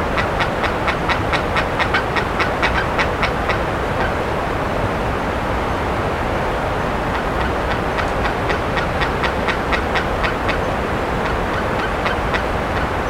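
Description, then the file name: Bird calls, a quick series of short harsh notes that stops for a few seconds, then resumes at the same fast pace, with background rumble. "SABIOD 50 bird 2015"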